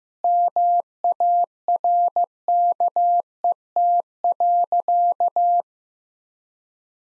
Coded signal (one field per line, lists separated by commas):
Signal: Morse code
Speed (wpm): 15 wpm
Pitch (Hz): 700 Hz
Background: none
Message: MARKET.